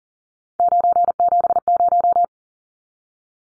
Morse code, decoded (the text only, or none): 970